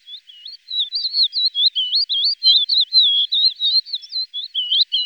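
Lesser short-toed lark pours out a continuous, fast warbling stream of squeaky, twisting whistled notes without a break.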